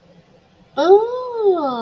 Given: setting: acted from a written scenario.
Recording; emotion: vocal sound without words; realization